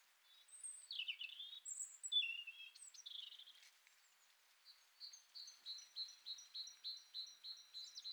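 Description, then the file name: Great tit calls: assorted chirps and squeaky notes at first, then a steady run of sharp high notes repeated roughly every third of a second. "Parus major"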